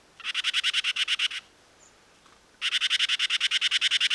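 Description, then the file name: Great tit chattering call: two bursts of rapid, harsh, buzzy notes, separated by about a second of quiet. "Parus major"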